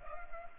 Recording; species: mosquito wingbeat signal from an infrared sensor; Culex pipiens